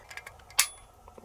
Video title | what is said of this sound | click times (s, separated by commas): Ruger 57 Pistol Review 5.7x28mm | then you'll hear it snap and it'll be a flush fit right here | 0.6 s